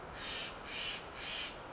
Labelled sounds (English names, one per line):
Steller's Jay